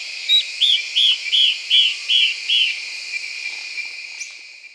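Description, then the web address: Yellow-browed antbird song, seven evenly spaced whistled notes, then stopping, over a steady high hiss throughout. "Yellow browed antbird. صدای-پرنده-مورچه-مرغ-ابرو-زرد"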